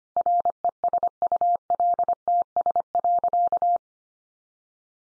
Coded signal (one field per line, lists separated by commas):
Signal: Morse code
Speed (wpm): 25 wpm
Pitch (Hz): 700 Hz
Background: none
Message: RESULTS.